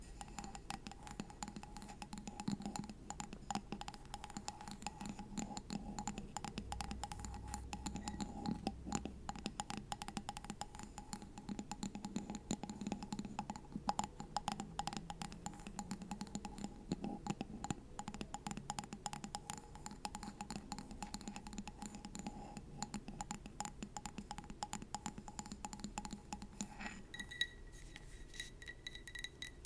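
Rapid, dense tapping clicks continue throughout over a low murmur and a steady faint tone, with a brighter ringing tone entering near the end.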